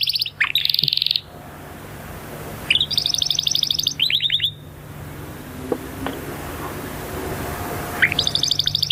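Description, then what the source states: Canaries chirping: several bursts of rapid, high trills separated by pauses, over a steady low electrical hum. Several pet canaries chirping in the background of a phone call, taken as a sign that they are very content.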